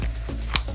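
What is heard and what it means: A developer strap with a USB-C port is reattached into the frame of an Apple Vision Pro headset, and a single sharp snap is heard at 0.6 s over a steady low hum. The strap seats in place with a click.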